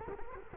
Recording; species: mosquito wingbeat signal from an infrared sensor; Culex quinquefasciatus